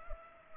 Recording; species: mosquito wingbeat signal from an infrared sensor; Culex pipiens